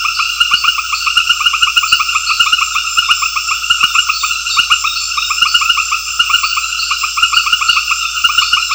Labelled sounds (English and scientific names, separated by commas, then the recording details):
none
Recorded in secondary vegetation near Puerto Asís, Putumayo, Colombia, on 9 March 2025 at 19:00
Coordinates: 0.498, -76.327
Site G001